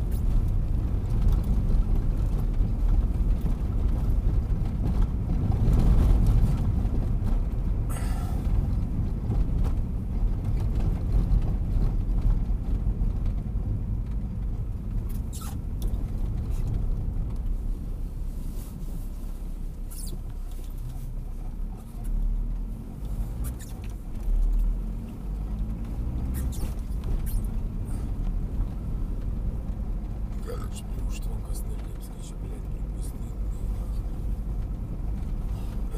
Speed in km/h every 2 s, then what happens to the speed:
26, 29, 31, 33, 32, 30, 27, 26, 21, 13, 7, 9, 13, 17, 24, 26, 25, 24.
0-7 speeds up to 33. 7-20 slows to 7. 20-28 speeds up to 24. 28-36 steady at about 24.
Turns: none.